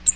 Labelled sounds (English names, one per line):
Cape May Warbler flight call